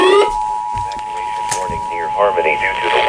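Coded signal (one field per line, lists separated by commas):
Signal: Emergency Alert System (SAME) tones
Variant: 853 and 960 Hz attention tone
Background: speech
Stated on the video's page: Real civil emergency message cancelling an evacuation warning in San Luis Obispo County, received from several stations.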